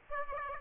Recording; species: mosquito wingbeat signal from an infrared sensor; Aedes aegypti